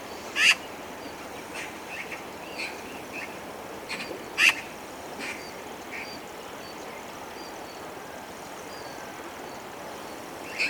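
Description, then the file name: Eurasian magpie giving single scratchy chack notes spaced several seconds apart, amid soft background noise and faint bird calls. "Pica pica"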